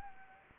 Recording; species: mosquito wingbeat signal from an infrared sensor; Anopheles arabiensis